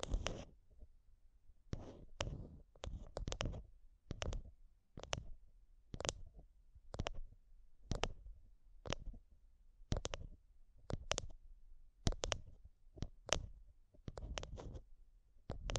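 Intense tapping and scratching on a microphone, with sharp, bright hits arriving every second or so, often in quick pairs or clusters. Each strike carries a heavy low thump, and brief rubbing scrapes fill some gaps, leaving short silences between bursts.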